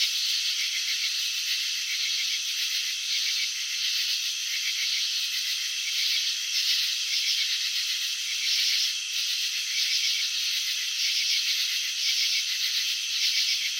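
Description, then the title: Crickets chirp nonstop in a bright, buzzy trill, with slight rises and dips in loudness. Crickets chirping, filmed in slow motion; wing vibrations and antenna movements shown. "Crickets in Slow Motion 📷. Capturing the Elegance of Chirping"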